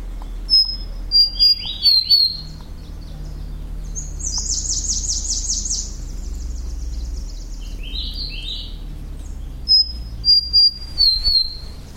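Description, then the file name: Large-billed leaf warbler song: clear, high whistled notes sliding downward, given in short runs near the start and end, with dry buzzy trills in between and a low background hum. "warbler-large-billed-leaf -Phylloscopus-magnirostris"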